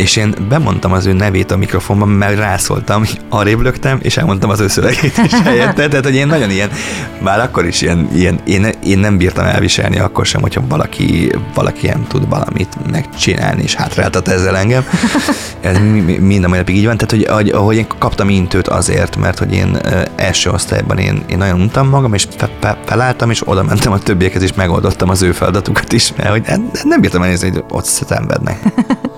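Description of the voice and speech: An adult man speaks Hungarian quickly and nearly without pauses. He repeats whole words several times, once repeats the start of a word ("fe-, fe-, felálltam"), and briefly laughs, with some creaky, catching onsets. These are mild stuttering disfluencies in an otherwise fluent flow.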